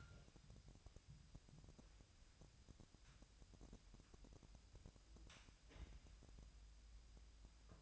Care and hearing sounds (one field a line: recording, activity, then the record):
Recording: daily activity, microphone in the room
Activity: wipe stove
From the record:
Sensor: 2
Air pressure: 1003.2 hPa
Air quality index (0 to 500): 202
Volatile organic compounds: 6 ppm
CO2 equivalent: 1924 ppm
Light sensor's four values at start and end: 7/16/7/7 and 7/16/7/7